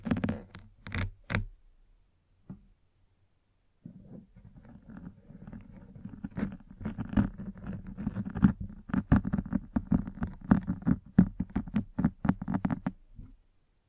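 Brushing and scratching against a microphone, starting with a few short rustling bursts in the first second and a half, then near silence until about four seconds. From there a dense, continuous low scraping runs with sharp crackly clicks until it stops near thirteen seconds.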